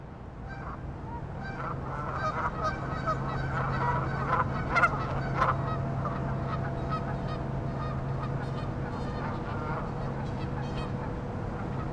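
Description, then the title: Goose: geese honking in a busy flock, nasal calls overlapping almost continuously with a few louder honks near the middle, over a steady low hum. "neoscenes: geese"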